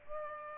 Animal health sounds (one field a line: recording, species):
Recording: mosquito wingbeat signal from an infrared sensor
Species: Culex pipiens